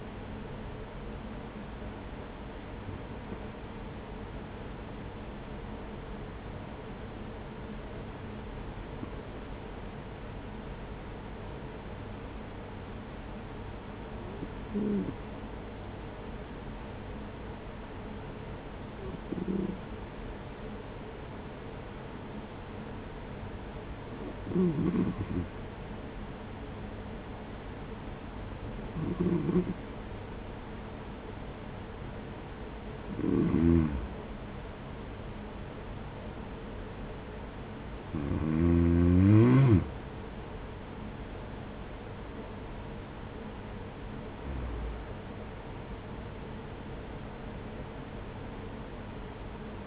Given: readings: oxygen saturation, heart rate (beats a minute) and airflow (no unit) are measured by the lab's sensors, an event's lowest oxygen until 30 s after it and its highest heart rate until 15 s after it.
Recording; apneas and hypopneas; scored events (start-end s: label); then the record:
breathing in sleep by a voice recorder at the bedside; 1
6.00-34.70 s: hypopnea (N1, oxygen 96% highest, then 94% lowest, heart rate 43 at the start, 50 highest)
10.00-40.00 s: new sleep stage, N2 (light sleep)
40.00-49.87 s: new sleep stage, N1 (lightest sleep)
From the record:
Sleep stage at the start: N1 (lightest sleep); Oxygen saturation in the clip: 94 to 96%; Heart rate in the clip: 43 to 50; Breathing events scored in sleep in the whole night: 210 in 6.9 hours asleep